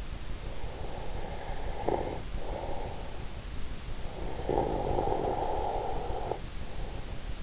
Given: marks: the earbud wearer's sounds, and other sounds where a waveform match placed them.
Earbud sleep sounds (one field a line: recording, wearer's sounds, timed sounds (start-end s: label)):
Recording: sounds in sleep by an in-ear microphone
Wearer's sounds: snoring breath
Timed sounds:
0.18-3.49 s: snoring breath
3.78-7.43 s: snoring breath